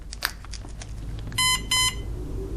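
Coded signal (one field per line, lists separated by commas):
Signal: beep code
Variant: Cobra ESC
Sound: a few handling clicks, then two short buzzy electronic beeps from a motor controller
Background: clicks, small room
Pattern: 2 short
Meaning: Setting confirmed; brake is set to off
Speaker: and we had the two beeps indicating that it's confirmed and with the two beeps we're saying that the break is well would normally be in an off position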